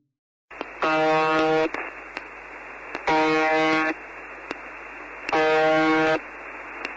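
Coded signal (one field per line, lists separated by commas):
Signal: channel marker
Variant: UVB-76 (The Buzzer)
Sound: harsh low buzz lasting under a second, repeating three times over hissing static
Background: radio static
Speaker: it begins with a buzz a cold mechanical hum droning through the airwaves repeating endlessly on 4625 khz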